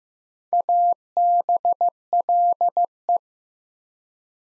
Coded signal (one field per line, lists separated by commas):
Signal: Morse code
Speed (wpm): 15 wpm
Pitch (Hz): 700 Hz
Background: none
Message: ABLE